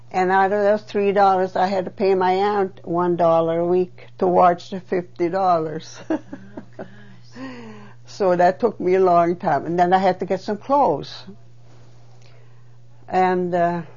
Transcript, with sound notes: And out of those three dollars I had to pay my aunt one dollar a week towards the fifty dollars. (She laughs.) So that took me a long time. And then I had to get some clothes, And, uh,